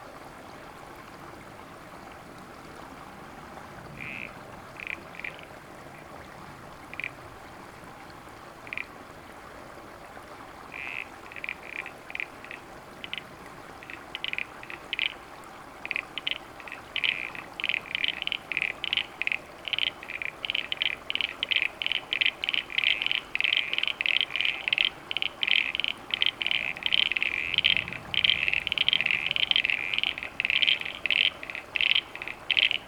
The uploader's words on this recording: A short clip of a bunch of Crinia signfiera and/or C. Recorded in Canberra in Spring 2020. A bunch of Crinia signfiera and/or C. parasignifera calling near our house.